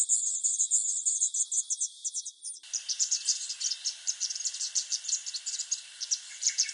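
Yellow thornbill calling with a fast stream of high, thin ticking notes that continues throughout, with a faint lower hiss underneath in the second half.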